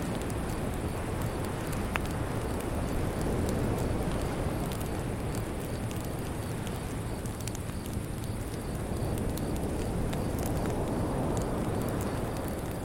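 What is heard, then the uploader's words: A steady, dense wash of sound sits low and full throughout, like gentle waves lapping, with soft irregular crackles from a small fire scattered across it. A thin high whine runs faintly overhead, and a brief sharp snap stands out near two seconds. Beach Fire Cicada Choir | Nighttime Cosy Ambience. The gentle laps of the Andaman Sea intertwine with the delicate crackle of a beachside fire. The island's native cicadas compose a lullaby.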